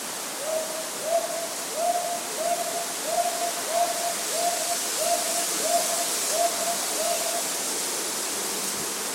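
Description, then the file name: Hawk-owl hooting: about a dozen soft, mellow hoots given at a steady pace, over a constant rushing background noise. Abiko, 14 May 2014. "hawk owl abiko 140514"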